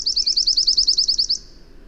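Bird song: a fast, clear trill of around a dozen high down-slurred notes, tapering off at the end.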